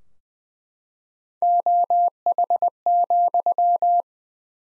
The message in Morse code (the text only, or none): OH,